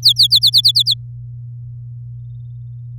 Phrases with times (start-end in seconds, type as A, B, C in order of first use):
0.02-0.94 A